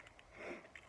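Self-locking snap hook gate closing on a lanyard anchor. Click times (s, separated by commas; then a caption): 0.8 s. A self-locking metal snap hook on a fall-protection lanyard is closed one-handed onto an anchor. Faint rustling and handling noise, with small ticks near 0.1 and 0.2 seconds, build to a broad swell around 0.5 seconds. At 0.8 seconds a small metallic click sounds as the hook gate locks shut into place.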